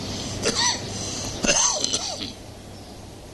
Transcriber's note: coughing